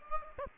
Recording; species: mosquito wingbeat signal from an infrared sensor; Aedes aegypti